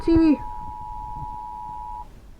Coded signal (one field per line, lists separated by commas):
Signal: Emergency Alert System (SAME) tones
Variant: 853 and 960 Hz attention tone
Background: speech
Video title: Eas Alarm Serve Thunderstorm warning During PBS Kids program.